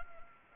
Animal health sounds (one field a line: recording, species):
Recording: mosquito wingbeat signal from an infrared sensor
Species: Anopheles arabiensis